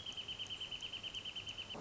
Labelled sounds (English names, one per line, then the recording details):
Wrentit
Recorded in Sonoma County, California